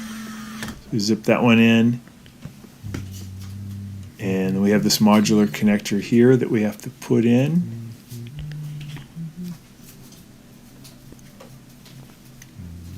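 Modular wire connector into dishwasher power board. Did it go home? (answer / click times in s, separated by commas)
no / none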